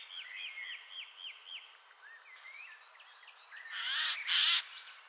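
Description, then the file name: Eurasian jay uttering two loud, grating screeches in quick succession near the end, after a series of repeated whistled notes from another bird. "Garrulus glandarius"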